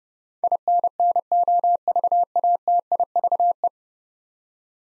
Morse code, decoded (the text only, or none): INNOVATIVE